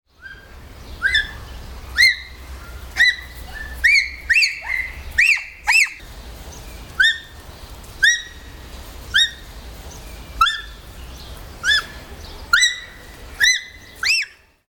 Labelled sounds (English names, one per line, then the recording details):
Bonobo
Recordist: Tembrock, Günter
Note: Rufreihe eines Männchens